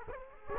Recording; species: mosquito wingbeat signal from an infrared sensor; Culex quinquefasciatus